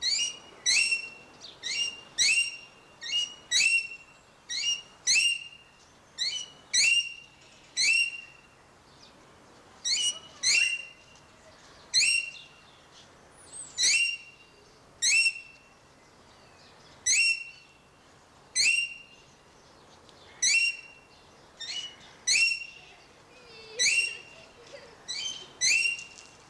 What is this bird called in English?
Common Green Magpie